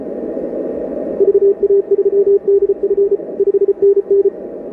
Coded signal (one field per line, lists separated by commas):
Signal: Morse code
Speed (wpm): 33 wpm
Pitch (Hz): 400 Hz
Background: radio noise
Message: VA3DF 5NN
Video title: ICOM 7610 Morse code